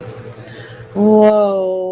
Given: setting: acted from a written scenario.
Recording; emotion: vocal sound without words; awe